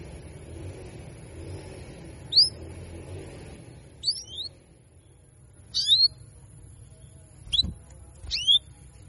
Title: Canto Para Esquentar Canário Belga. Therapy Suara Cuit.. Cuit.. Kenari Betina Bikin Kenari Jantan Makin Gacor